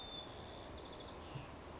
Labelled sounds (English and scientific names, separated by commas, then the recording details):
White-crowned Sparrow (Zonotrichia leucophrys)
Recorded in Sonoma County, California